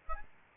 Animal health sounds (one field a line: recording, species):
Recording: mosquito wingbeat signal from an infrared sensor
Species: Aedes albopictus